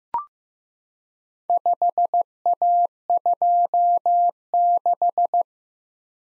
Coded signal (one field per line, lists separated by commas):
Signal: Morse code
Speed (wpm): 15 wpm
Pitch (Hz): 700 Hz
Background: none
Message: 5A26